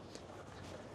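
The retaining pieces of a removable car roof panel are pushed into the car roof frame and click in at 0.2 s with a short, sharp hit that rises above a steady, fairly loud background. The panel is seated and held securely so it won't fly around.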